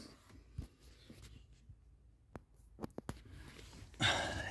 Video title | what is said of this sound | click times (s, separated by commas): Audi A4 B8 - oil/coolant change, sparkplugs, fuel door, hood release latch, first detail | it's slid back in place once you hear a click and your screw lines up | 3.1 s